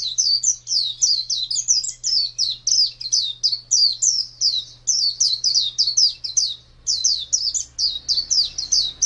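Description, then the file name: White-eye song, a fast continuous stream of high chirping notes in quick runs, with a short pause near seven seconds and a low steady hum beneath. "pleci ngalas panjang"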